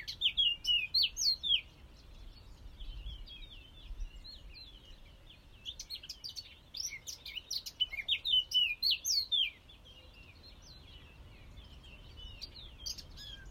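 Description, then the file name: Eurasian blackcap song, fast high warbled phrases in two bursts with a long pause between, then a few scattered notes near the end. "Sylvia atricapilla"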